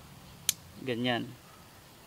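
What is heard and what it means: A door handle linkage rod clip on a Suzuki Alto is pushed into its hole in the door handle lever during a door handle replacement, giving one sharp tick at 0.5 s as it locks in place. Someone then talks briefly. The clip is seated.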